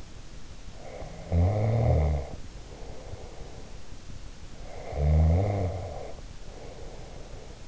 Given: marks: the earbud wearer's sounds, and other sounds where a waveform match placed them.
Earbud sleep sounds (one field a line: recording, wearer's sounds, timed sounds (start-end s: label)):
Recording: sounds in sleep by an in-ear microphone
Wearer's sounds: snoring breath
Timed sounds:
0.79-3.79 s: snoring breath
4.54-7.67 s: snoring breath